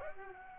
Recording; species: mosquito wingbeat signal from an infrared sensor; Aedes aegypti